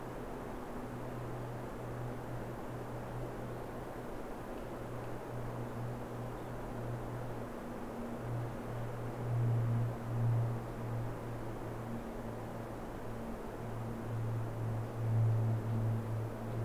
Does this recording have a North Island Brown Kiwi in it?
no